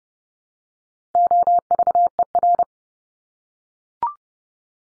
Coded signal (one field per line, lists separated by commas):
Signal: Morse code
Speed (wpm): 30 wpm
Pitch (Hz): 700 Hz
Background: none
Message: OVER